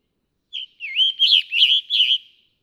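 Scarlet tanager song: a short opening note, then four hoarse, burry phrases in a fast, even series.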